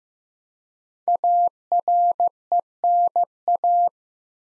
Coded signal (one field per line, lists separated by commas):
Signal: Morse code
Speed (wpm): 15 wpm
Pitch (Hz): 700 Hz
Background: none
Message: ARENA